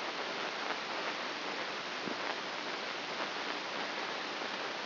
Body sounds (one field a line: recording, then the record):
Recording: brain microelectrode recording played as sound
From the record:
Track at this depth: inside the subthalamic nucleus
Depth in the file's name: 4.24 mm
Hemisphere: right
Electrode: 2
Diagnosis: Parkinson's disease